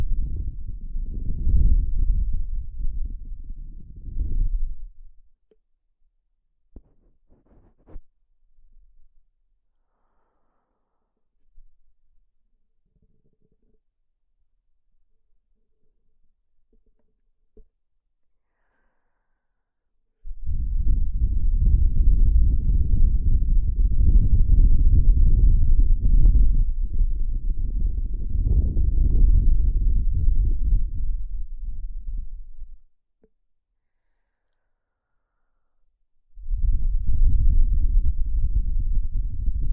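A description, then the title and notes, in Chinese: Wind blows in low, rumbling gusts that start right away and die out after about five seconds. A long near-silence follows with a few faint knocks, then a stronger, steady gust roars from about 20 to 33 seconds, and another begins near 36 seconds. 有风吹过你的耳边。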